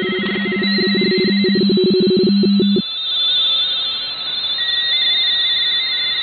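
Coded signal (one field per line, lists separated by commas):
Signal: RTTY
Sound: several warbling two-tone teleprinter signals at once, a strong low one stopping near 3 s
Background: radio static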